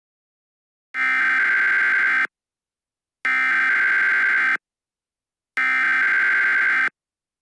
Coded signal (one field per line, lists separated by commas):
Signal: Emergency Alert System (SAME) tones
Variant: header bursts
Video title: EAS Scenario #2 The Great Las Vegas Fire